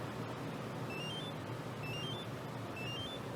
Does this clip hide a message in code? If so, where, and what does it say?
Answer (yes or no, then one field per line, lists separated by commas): no